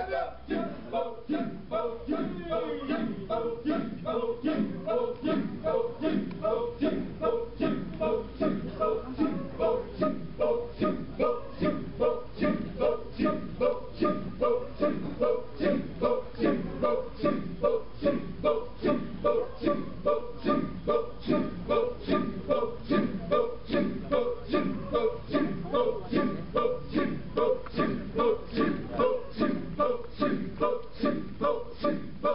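A large group of voices performs the Kecak monkey chant in Ubud, Bali, with dense, rapid rhythmic syllables pulsing at a steady, driving rate throughout. Low and mid-range voices interlock in tight repeating bursts, and a sustained higher tone lingers faintly above.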